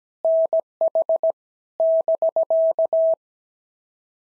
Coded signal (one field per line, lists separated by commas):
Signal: Morse code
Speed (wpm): 17 wpm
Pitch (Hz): 650 Hz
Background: none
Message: NH <BK>